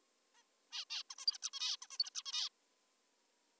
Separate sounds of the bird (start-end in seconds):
0.34-0.43, 0.72-0.85, 0.90-1.03, 1.11-1.15, 1.19-1.26, 1.27-1.38, 1.43-1.50, 1.54-1.76, 1.82-1.87, 1.91-1.98, 1.99-2.10, 2.15-2.23, 2.26-2.49